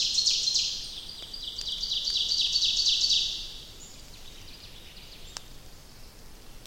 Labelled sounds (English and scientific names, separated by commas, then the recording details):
Ovenbird (Seiurus aurocapilla) song
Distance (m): 35 m
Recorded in boreal forest in Alberta, Canada, on 29 May 2016 at 08:53
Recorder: SongMeter 3, array SBT-3-49
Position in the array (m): 47 m, 179 m
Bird 15